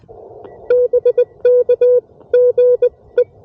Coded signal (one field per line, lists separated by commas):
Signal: Morse code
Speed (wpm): 20 wpm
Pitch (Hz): 490 Hz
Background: none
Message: BK GE